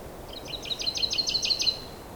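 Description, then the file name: Common chaffinch song phrase: a series of quick repeated chipping notes in an even trill with no clear end flourish, against low background noise. "Fringilla coelebs"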